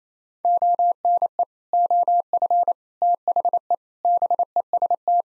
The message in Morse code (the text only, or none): ONE OF THE BEST